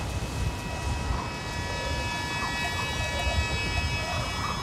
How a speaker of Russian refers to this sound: Дует порывистый ветер.